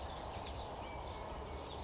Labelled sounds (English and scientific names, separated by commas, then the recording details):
California Towhee (Melozone crissalis)
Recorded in Sonoma County, California